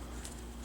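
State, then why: Seated. A touch screen digitizer panel is pressed back into the plastic display bezel of an HP ENVY 15-j notebook computer. A single faint snap is heard at 0.3 s over a steady low background hum. The digitizer seats back in place.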